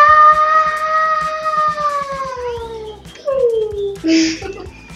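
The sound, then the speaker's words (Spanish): A dog yelps in pain after being kicked in the belly, starting with a long, high whine that slides downward, followed by two shorter cries that also drop in pitch. “De repente le dio una patada en la panza. El perro, la libélula salió disparada.”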